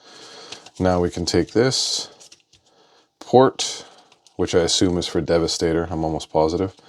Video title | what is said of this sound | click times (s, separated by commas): Transformers the movie Studio Series BONECRUSHER transformed | And then that just snaps into place. | 0.5 s